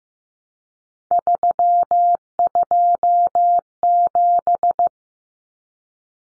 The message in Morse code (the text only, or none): 327